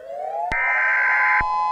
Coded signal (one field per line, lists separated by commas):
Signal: Emergency Alert System (SAME) tones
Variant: header bursts